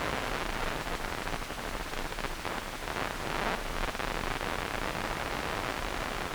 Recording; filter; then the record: brain microelectrode recording played as sound; wide band, above 20 Hz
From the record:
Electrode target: subthalamic nucleus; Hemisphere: right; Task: reaching with the left hand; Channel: 2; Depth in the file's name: 1.506 mm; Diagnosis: Parkinson's disease